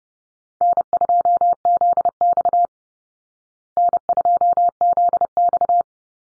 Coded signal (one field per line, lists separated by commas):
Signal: Morse code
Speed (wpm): 30 wpm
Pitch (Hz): 700 Hz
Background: none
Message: N2ZX N2ZX